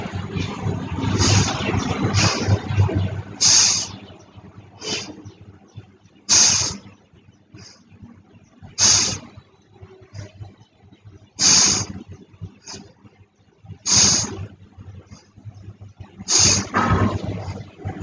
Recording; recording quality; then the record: shallow breathing; excellent, no background noise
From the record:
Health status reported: healthy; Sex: female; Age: 21 years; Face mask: not worn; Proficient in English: yes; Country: India